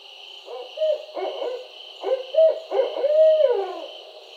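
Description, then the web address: Barred owl hooting, a rhythmic series of deep, emphatic hoots with a drawn-out, downward-sliding final note, over a steady high-pitched background drone. Recorded 4 October 2011. "Barred Owl 2011 10 04"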